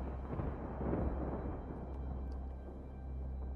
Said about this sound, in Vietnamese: tiếng sấm bên ngoài đánh dồn dập.